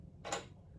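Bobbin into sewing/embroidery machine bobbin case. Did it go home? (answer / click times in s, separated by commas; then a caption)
yes / 0.3 s. A bobbin, its thread winding counterclockwise, is dropped into the bobbin hole of a Brother PE800 embroidery machine. A short broadband rustle builds and gives a small, sharp click at 0.3 s as it seats down in the bobbin case where it should be.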